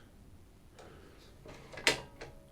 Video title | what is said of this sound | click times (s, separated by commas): JVC CD changer with bug infestation | right so the caddy now Clicks in place and now it doesn't want to go any higher | 1.9 s